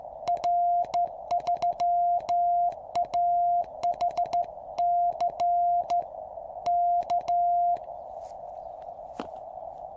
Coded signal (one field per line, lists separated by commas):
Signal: Morse code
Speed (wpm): 13 wpm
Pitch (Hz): 700 Hz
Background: none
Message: R3AHC K